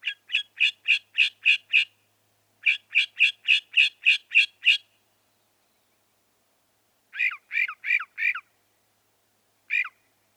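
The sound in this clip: Northern mockingbird song: two quick series of repeated sharp notes, then four down-slurred calls and a single final call after a pause.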